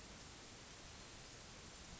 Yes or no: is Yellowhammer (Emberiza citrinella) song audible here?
no